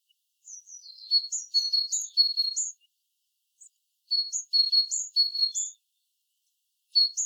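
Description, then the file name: Great tit calling with quick runs of high, slightly varied notes alternating between two pitches, a pause, then another run and a final note. "Parus major"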